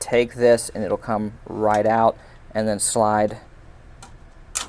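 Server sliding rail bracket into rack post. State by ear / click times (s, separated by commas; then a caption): seated / 4.6 s. Someone talks while a metal sliding rail bracket for a Dell PowerEdge R940xa server is released, removed and slid back into the rack post. A sharp click at 4.6 s marks the bracket latching, leaving it fully locked into place in the rack.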